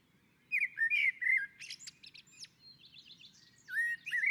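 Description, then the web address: Common blackbird singing rich, fluting low warbles that slide and waver, followed by thin high twittering and a second fluted phrase at the end. On a roof. "Naturinspelningar Koltrast på taket"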